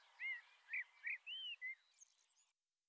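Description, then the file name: Common blackbird song, soft: five clear, fluted whistled notes followed by a faint, high twittering trail, with a steady background hiss. "Turdus merula"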